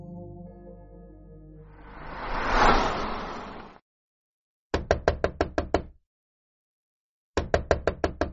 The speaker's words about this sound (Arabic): هناك من يقرع الباب في فظاظة.